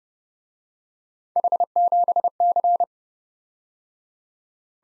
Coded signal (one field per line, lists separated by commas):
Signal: Morse code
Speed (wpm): 29 wpm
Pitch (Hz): 700 Hz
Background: none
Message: H7C